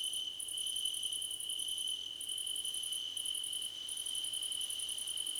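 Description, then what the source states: Crickets trilling continuously at high pitch while bursts of rapid chirp pulses come and go with short breaks. Crickets in a choir competition.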